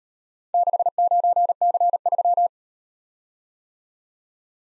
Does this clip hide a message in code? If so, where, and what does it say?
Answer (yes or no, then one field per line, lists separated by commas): yes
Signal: Morse code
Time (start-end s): 0.5-2.5 s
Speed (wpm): 38 wpm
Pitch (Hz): 700 Hz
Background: none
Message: 69C3